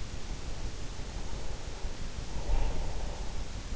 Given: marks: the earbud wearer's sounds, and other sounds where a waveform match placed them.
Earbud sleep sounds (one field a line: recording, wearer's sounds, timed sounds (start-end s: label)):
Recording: sounds in sleep by an in-ear microphone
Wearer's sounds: breath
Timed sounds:
0.38-3.72 s: breath